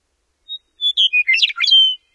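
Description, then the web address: Western meadowlark song, one bright phrase of whistled notes tumbling into a bubbly warble and closing on a downslurred whistle. Recorded in North America. "Know Your Bird Sounds Common Western Species 14-Western Meadowlark"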